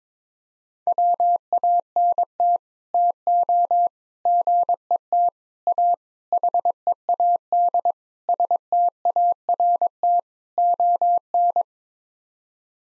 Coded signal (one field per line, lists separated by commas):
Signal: Morse code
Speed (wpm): 22 wpm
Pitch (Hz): 700 Hz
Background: none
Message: WANT TO GET A HEAD START ON